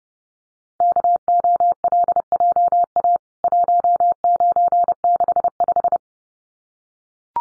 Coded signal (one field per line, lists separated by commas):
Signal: Morse code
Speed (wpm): 30 wpm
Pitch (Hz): 700 Hz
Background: none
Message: KOLJA 1965